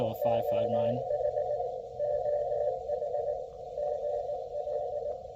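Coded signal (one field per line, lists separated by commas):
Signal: Morse code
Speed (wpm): 20 wpm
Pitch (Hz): 600 Hz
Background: speech, radio noise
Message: OH OH GL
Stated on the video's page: Morse code from a park activation using a new QRPLabs QMX transceiver.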